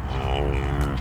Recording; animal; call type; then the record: contact call of a hoofed animal; cattle; low-frequency (closed-mouth) or high-frequency (open-mouth) call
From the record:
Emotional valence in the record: negative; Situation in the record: full separation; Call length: 1.01 s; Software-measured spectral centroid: 1800 Hz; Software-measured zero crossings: 880 a second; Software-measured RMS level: -24 dBFS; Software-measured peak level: -11 dBFS